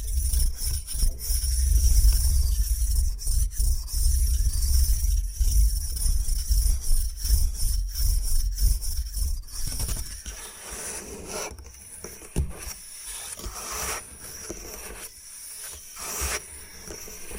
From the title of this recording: Bamboo Tapping, Scratching and Brushing Sounds